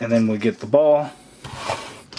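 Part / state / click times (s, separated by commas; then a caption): plastic energy ball piece into toy motorcycle top section / not seated / none. Someone talks while a plastic energy-ball piece is handled for fitting into the top section of an action-figure toy motorcycle, with soft rubbing and a couple of brief clicks near the end. Nothing has seated or clicked into place yet.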